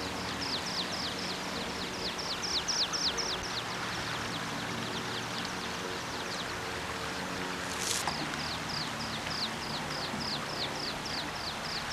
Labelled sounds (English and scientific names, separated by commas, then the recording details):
Water Pipit (Anthus spinoletta) call
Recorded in the wild
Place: Grindelwald, Bern, CH
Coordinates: 46.6561, 8.05333
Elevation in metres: 2174
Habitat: mountains
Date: 1979-06-09
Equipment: Uher 4000 Report, Sennheiser MKH 815 T
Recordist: Tretzel, Erwin